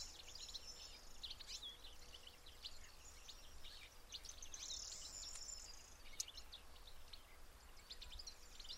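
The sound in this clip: Corn bunting song, scratchy high jangling notes and a brief sizzling buzz midway, against hissy background noise and a faint low hum.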